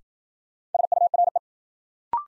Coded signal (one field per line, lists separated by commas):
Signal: Morse code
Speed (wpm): 53 wpm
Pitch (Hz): 700 Hz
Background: none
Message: SURE